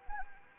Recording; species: mosquito wingbeat signal from an infrared sensor; Anopheles arabiensis